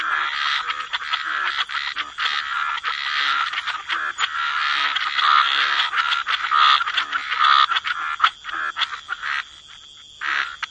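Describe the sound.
Frogs croaking in a busy chorus, overlapping rasping calls almost nonstop, easing into sparser croaks near the end, with a constant high hum.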